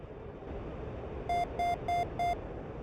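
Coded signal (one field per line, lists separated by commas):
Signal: beep code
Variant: Mirage 2000C datalink alert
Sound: four short, evenly spaced, buzzy electronic beeps over a low rumbling background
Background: engine rumble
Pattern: 4 short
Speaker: we've gotten another update to our roe saying that we should visually identify our targets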